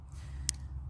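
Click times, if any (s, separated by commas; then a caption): 0.5 s. A small felt pompom is pressed into an aromatherapy diffuser pendant and clips inside. A sharp, short click is heard at 0.5 s as it seats, with only faint background before and after.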